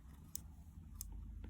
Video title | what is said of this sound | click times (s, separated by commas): Getting Started With A New Camcorder Canon XA 40 | and push it in until you hear a click | 0.4 s, 1.0 s